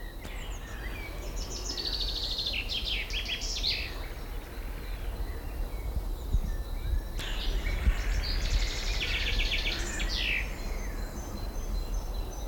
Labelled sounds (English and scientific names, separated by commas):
Common Chaffinch (Fringilla coelebs)